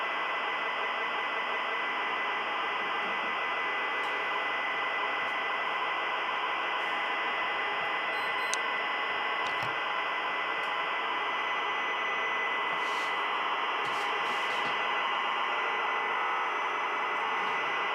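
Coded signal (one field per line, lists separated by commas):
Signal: ZX Spectrum tape loading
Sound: continuous harsh rasping buzz of tape data, no pauses, no steady lead tone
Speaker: hope it works because types aren't reliable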